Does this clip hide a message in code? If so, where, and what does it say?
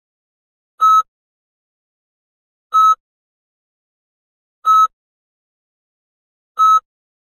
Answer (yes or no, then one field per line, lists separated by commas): no